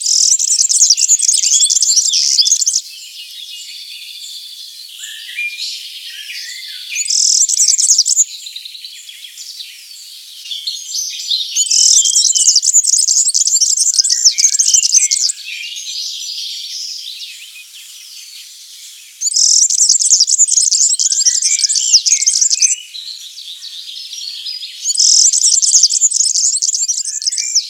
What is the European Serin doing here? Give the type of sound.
song